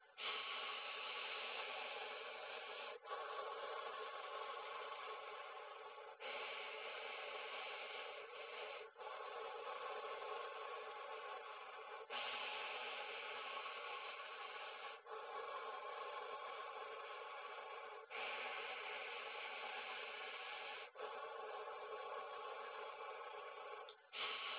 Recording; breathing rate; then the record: paced breathing near a phone; 10 breaths a minute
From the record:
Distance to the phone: 20 cm